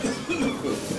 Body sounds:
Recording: coughing mixed with background sound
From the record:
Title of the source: Spring Cold Coughing.

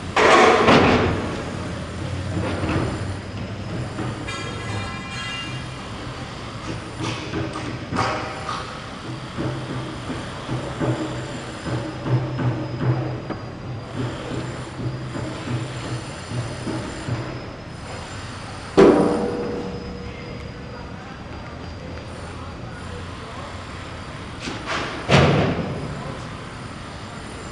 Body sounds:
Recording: background sound without coughing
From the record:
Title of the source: 30 MINUTES Construction Site Ambience (CC BY 4.0)

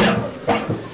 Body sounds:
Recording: coughing mixed with background sound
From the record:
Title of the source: Cough Around the Clock!

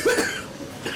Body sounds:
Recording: coughing mixed with background sound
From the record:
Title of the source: 64 coughing, allergies, singing lungs

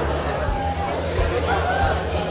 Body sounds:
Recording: background sound without coughing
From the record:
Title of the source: CITY SOUNDS Busy Bar in the Evening Night - 2 HOURS of Ambiance for Relaxation

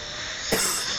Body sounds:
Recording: coughing mixed with background sound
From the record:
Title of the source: 30 Chesty and wet cough

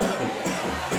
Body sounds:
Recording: coughing mixed with background sound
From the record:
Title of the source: Residual Phlegmy Morning Coughing and Gagging

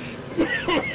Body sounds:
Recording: coughing mixed with background sound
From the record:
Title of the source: Dry Afternoon Cough

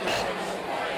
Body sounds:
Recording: coughing mixed with background sound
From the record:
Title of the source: 61 morning phlegmy cough...again

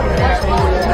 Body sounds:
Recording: background sound without coughing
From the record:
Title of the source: Nightlife Party Simulating Party Club Noise 1 Hour

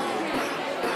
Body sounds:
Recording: coughing mixed with background sound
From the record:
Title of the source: Coughing 77

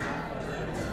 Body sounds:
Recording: background sound without coughing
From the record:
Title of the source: 60 minutes of coffee shop sounds for study and concentration

